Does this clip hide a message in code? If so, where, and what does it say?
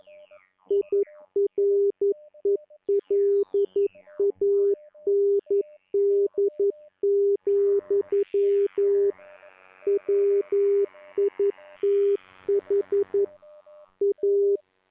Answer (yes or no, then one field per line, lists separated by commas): yes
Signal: Morse code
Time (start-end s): 0.7-14.6 s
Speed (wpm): 11 wpm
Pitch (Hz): 400 Hz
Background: music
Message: IRELAND, WITH A